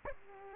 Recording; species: mosquito wingbeat signal from an infrared sensor; Aedes aegypti